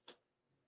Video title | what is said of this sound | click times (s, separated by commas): RAWTALK MOBILE & TECH LIVE ! | I know you guys heard it snapping back in. | 0.1 s